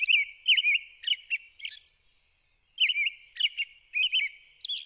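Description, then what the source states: American robin evening song, whistled carol phrases interleaved with high, thin whispered notes, two bursts of phrases split by a pause of under a second. Evening song, from sunset until dark, of remarkable grace and complexity, with ethereal whispered notes added to the carol.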